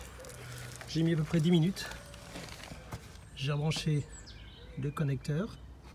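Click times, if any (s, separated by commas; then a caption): none. Someone talks while handling the quick-connect coupling on the fuel additive hose of a C5 X7 HDi FAP, reconnecting it to the Eolys Cerine additive tank line after refilling. Only a few faint, brief ticks sound between the speech and low background noise. The connector has not clicked in or seated yet.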